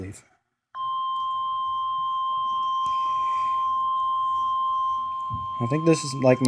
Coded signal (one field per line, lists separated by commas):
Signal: Emergency Alert System (SAME) tones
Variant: 1050 Hz attention tone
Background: speech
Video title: EAS 64 - Marine Warning Pensacola FL to Pascagoula MS